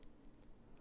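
The crown of a Vostok Amphibian mechanical watch is pulled out of its recessed position, where it had been wobbly, and the stem in the watch case locks into the pulled position with a faint tick at 0.4 s. After that the crown is no longer wobbly.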